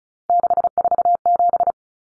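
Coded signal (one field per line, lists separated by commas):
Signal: Morse code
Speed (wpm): 34 wpm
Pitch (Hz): 700 Hz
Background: none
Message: 647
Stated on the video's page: Head-copy drill of three-digit numbers at 35 wpm, each number sent, spoken, then sent again.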